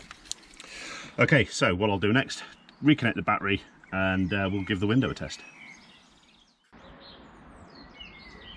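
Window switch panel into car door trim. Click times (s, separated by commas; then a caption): 0.3 s. The window switch panel on a BMW 1 Series E82/E88 coupe or convertible is pushed over into the car door trim after the window switches are reconnected, and it clicks into place at 0.3 s. Someone then talks, followed by quiet outdoor ambience with faint bird chirps.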